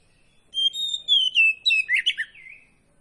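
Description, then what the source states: Magpie-robin song: one short phrase opening with clear, level whistles and ending in lower, scratchy, tumbling notes. Kacer poci variety, singing vigorously (gacor).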